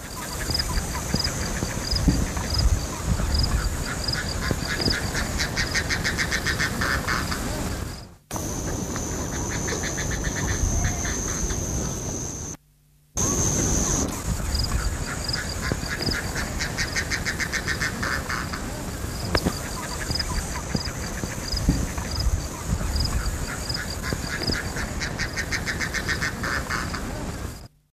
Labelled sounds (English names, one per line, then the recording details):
African Darter call
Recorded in the wild
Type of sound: call
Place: Bharatpur, IN
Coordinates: 27.22, 77.5
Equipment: Halbspur, 9,5 cm/s
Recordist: Lütgens, Hans
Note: Rufe